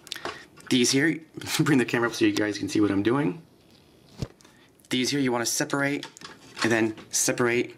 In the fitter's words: then click it in